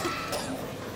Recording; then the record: coughing mixed with background sound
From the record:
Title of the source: Coughing 79